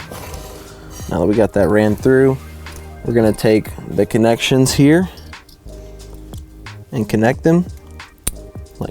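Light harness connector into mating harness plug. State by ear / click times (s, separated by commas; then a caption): seated / 8.3 s. Someone talks over background music while two plastic harness connectors for the hood light wiring on a 2024 F150 hood-mounted Spartan light install are pushed together. A sharp click at 8.3 s marks the light harness connector latching into its mating harness plug, fully seated.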